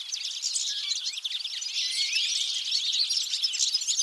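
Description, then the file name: European goldfinch twittering: crowded bright chirps and short rising notes pouring out without pause over four seconds. "Carduelis carduelis"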